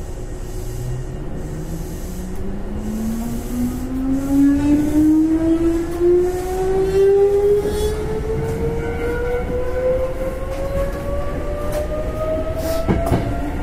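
An express train on the Takarazuka Line runs along with a steady low rumble of wheels on track. A whining motor tone rises smoothly in pitch throughout as the train speeds up, with faint higher whines climbing alongside and occasional soft clicks and knocks.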